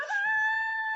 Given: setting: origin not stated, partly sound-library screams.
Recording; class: one-second piece from a danger detection set; woman in danger